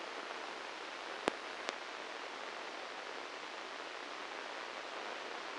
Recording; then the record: brain microelectrode recording played as sound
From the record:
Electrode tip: inside the subthalamic nucleus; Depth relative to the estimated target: 5 mm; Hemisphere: right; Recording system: NeuroSet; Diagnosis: Parkinson's disease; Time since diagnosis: 9 years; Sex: male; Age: 56 years